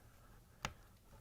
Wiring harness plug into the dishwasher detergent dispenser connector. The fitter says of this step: Just want to put it in and make sure it locks in place.